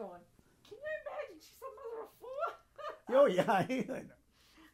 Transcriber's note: laughs